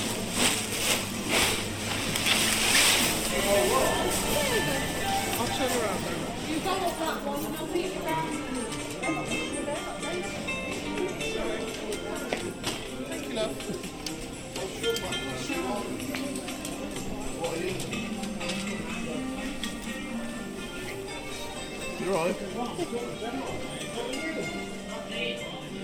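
Busy indoor market on a weekday morning, with steady overlapping chatter of traders and customers, scattered clatter, and a brief louder burst near the start.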